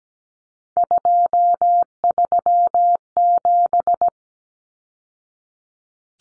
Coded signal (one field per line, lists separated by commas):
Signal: Morse code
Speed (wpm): 17 wpm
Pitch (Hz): 700 Hz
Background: none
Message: 237